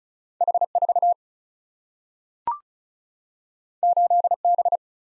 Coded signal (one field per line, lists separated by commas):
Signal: Morse code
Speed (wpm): 36 wpm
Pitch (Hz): 700 Hz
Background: none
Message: H4 8B